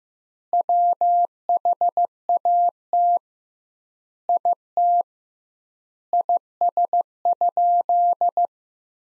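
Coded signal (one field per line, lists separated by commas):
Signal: Morse code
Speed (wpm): 15 wpm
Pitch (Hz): 700 Hz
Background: none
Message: WHAT IT IS?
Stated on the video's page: Morse practice: sentences built from the top 100 words at 15 wpm with double word-spacing, a word-based Farnsworth-like approach.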